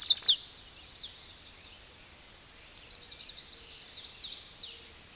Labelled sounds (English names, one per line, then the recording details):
Hooded Warbler song
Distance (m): 40 m
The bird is about 10 m above the microphone
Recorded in a Pennsylvania forest on 16 May 2024 at 09:28
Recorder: AudioMoth, point MSD-2257
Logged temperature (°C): 16.0 °C
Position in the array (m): 152 m, 147 m